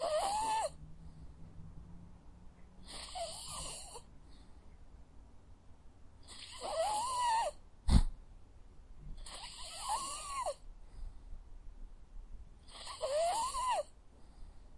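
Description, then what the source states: Dog snoring in slow breaths, each wheezy exhale carrying a thin whistled whine that rises and falls, repeated about every three seconds, with one sharp click midway. Dog sleeping.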